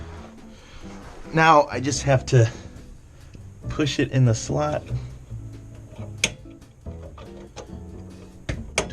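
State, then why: Seated. A glass fuse is pushed into its slot in the fuse holder of an old Rainbow Crane claw machine while someone talks. Faint fumbling ticks follow a loud tap at 6.2 s. The fuse then seats with a sharp click at 8.8 s.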